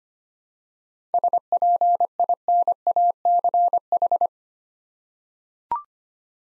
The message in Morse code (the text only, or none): SPINACH